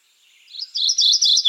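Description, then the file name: Mourning Warbler song: a fast run of bright, repeated two-part chirps at high pitch, closing on a lower downslurred note. "Geothlypis philadelphia - Mourning Warbler"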